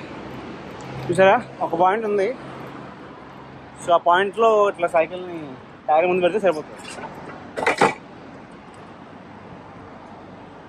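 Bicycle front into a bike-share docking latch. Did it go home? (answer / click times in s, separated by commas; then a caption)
yes / 7.8 s. Someone talks while pushing a shared rental bicycle into a bike-share docking point, in front of the tag. A single sharp metallic clunk sounds at 7.8 seconds as the bicycle's front seats into the docking latch and locks in. Faint background noise fills the rest of the clip.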